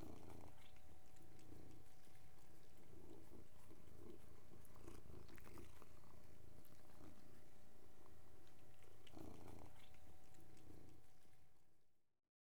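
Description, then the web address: Cat purring, a steady low rumbling throb with pulsing rhythm throughout, fading out at the very end. Three cats purring together. "BBC Sound Effects Library BBC 06-Animals and Birds 04 Three Cats Purring"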